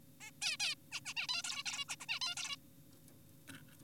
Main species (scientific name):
Taeniopygia guttata